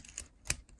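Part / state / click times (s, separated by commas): projectile into spring-loaded toy brick shooter / seated / 0.5 s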